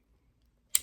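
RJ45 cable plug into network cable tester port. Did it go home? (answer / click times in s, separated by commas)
yes / 0.8 s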